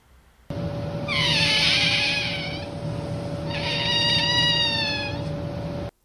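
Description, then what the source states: North American river otter giving two drawn-out, harmonic squealing whines, with a steady tone underneath. Vocalization likened to a kazoo, a cat having a bad day, or air slowly let out of a balloon.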